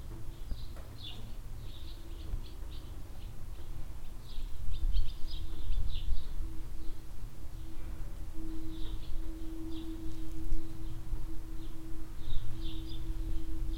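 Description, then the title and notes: Swallow twittering in quick scattered bursts of high chirps, pausing and resuming, over a constant low hum, a droning tone and gentle wind. Swallows flying under a shed roof in a village-centre barnyard in Hoscheid; mellow wind; early afternoon in spring. "Hoscheid - Barn Yard Swallows. At a barn yard in the centre of the village. Swallows flying under the roof of the shed. Mellow wind. Recorded in the early afternoon in spring time"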